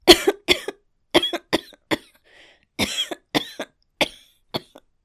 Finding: Woman coughing.